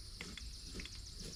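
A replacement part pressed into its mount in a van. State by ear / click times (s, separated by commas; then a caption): not seated / none. A replacement part is handled and pressed toward its mount in a van, giving a few short, sharp handling taps around 0.2, 0.4 and 0.9 seconds over steady background hiss. The clip ends before the part goes home, so nothing has seated or clicked yet.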